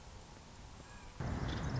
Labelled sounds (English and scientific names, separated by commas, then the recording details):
Nuttall's Woodpecker (Dryobates nuttallii)
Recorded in Sonoma County, California